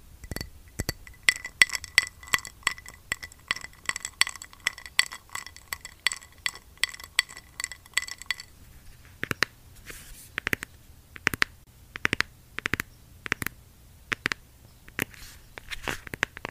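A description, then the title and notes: Fingernails or a brush tap on an eyeshadow palette. For the first eight seconds the taps come fast and bright with a ringing, glassy click; after that they turn sparser and duller, spaced about half a second apart. Asmr eyeshadow tapping. Blue yeti microphone.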